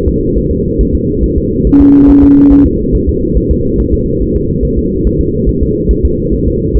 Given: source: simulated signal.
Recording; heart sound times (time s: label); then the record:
fetal heart sounds
0.08 s: S2
0.38 s: S1
0.51 s: S2
0.81 s: S1
0.95 s: S2
1.24 s: S1
1.38 s: S2
1.67 s: S1
1.81 s: S2
2.10 s: S1
2.24 s: S2
2.52 s: S1
2.66 s: S2
2.95 s: S1
3.09 s: S2
3.37 s: S1
3.51 s: S2
3.80 s: S1
3.94 s: S2
4.22 s: S1
4.36 s: S2
4.65 s: S1
4.79 s: S2
5.07 s: S1
5.21 s: S2
5.49 s: S1
5.63 s: S2
5.91 s: S1
6.05 s: S2
6.34 s: S1
6.47 s: S2
6.77 s: S1
From the record:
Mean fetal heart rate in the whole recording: 140 bpm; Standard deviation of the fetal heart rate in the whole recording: 2 bpm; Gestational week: 34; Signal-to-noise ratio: -14.7 dB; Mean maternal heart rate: 72 bpm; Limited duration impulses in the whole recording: present